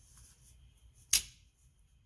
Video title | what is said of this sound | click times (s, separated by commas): Case Knives Dave Canterbury Folding Hunter Review | hear that snap | 1.1 s